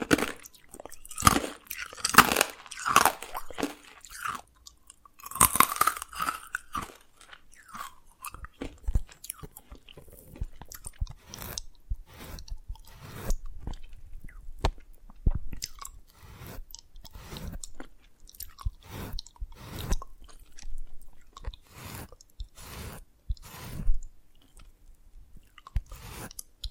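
Dalgona candy is tapped and cracked in sharp, dense clicks and crunches, busiest early, with brief squeaky scraping near five seconds, then steadier taps.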